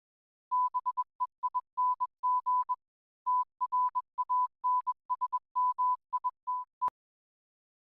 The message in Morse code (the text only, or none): BEING TRANSMITE